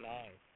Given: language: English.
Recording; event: throat vibration sensor signal played as sound; speech